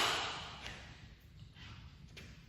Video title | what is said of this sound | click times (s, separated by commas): Zuca Tray, The ultimate cornhole Zuka bag accessory | You slide this in and it just snaps into place. | 0.7 s